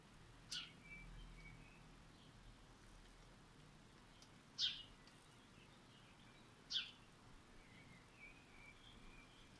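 Bird chirps: three short, sharp, high notes spaced a few seconds apart, over a steady hiss of background noise.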